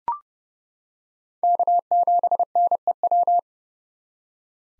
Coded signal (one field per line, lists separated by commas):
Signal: Morse code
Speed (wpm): 31 wpm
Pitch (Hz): 700 Hz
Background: none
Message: K7NEW